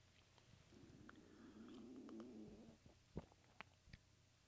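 A low, wavering, gurgling groan rises and falls in pitch for about two seconds, eerie and scream-like, like an alien screaming, followed by a few faint clicks. This is audible stomach rumbling (borborygmus) in an adult, the ordinary sound of gas and fluid moving through the gut.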